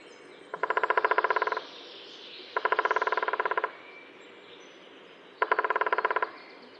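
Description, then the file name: Middle spotted woodpecker drumming: three rapid, even rolls of about one second each, separated by pauses of one to two seconds, over quiet background hiss. "Mi Bo Sp roffel"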